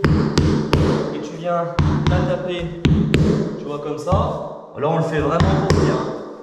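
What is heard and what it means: A Pergo click-lock vinyl floor plank is tapped with a mallet so its edge joint locks into the neighbouring plank, giving sharp short taps at about 0.0, 0.4, 0.7 and 3.1 seconds while someone talks. Nothing has seated or clicked yet.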